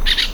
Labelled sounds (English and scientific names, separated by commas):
Brown-throated Parakeet (Eupsittula pertinax) contact call